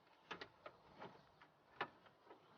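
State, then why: Seated. The instrument cluster bezel or dash panel of a GM Hummer is pressed by hand over its plastic push-pin guide pins on the second side of the dashboard. Several light plastic clicks and taps are heard around 0.3, 0.4, 0.7 and 1.4 seconds. A sharper, louder snap at 1.8 seconds marks the push pins seating fully in the dashboard.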